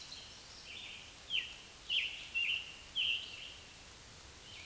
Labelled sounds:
Scarlet Tanager song
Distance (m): 25 m
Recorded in a Pennsylvania forest on 1 June 2023 at 08:07
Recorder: AudioMoth, point grid3_35_low
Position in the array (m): 164 m, 140 m

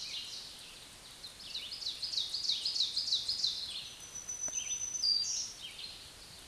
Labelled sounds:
Black-throated Green Warbler song
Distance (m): 15 m
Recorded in a Pennsylvania forest on 1 June 2023 at 07:53
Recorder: AudioMoth, point grid3_16_low
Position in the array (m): 241 m, 133 m

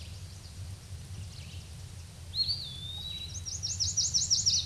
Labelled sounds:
Eastern Wood-Pewee song
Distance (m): 15 m
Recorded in a Pennsylvania forest on 18 May 2023 at 06:42
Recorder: AudioMoth, point grid1_18_low
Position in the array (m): 166 m, 172 m

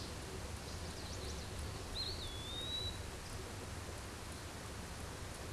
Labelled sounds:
Eastern Wood-Pewee song
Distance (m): 30 m
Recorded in a Pennsylvania forest on 17 May 2023 at 14:15
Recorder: AudioMoth, point grid1_20_low
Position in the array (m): 81 m, 201 m

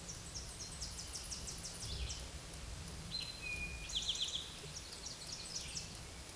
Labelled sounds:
Eastern Towhee song
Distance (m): 20 m
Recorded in a Pennsylvania forest on 17 May 2023 at 13:27
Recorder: AudioMoth, point grid1_8_low
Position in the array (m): 117 m, 102 m

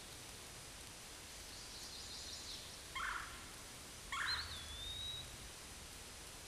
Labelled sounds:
Eastern Wood-Pewee song
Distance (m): 65 m
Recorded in a Pennsylvania forest on 18 May 2023 at 13:37
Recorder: AudioMoth, point grid1_34_low
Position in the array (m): 177 m, 167 m

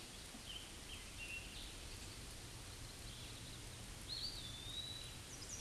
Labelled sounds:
Eastern Wood-Pewee song
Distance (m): 40 m
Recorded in a Pennsylvania forest on 18 May 2023 at 07:36
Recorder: AudioMoth, point grid1_33_low
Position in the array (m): 52 m, 174 m

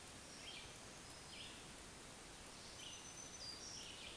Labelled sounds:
Black-throated Green Warbler song
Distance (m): 25 m
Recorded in a Pennsylvania forest on 1 June 2023 at 07:43
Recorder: AudioMoth, point grid3_35_high
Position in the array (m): 163 m, 137 m

